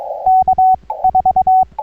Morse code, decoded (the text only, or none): K4